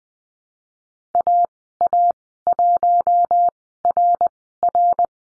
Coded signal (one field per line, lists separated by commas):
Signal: Morse code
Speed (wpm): 20 wpm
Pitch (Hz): 700 Hz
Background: none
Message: AA1RR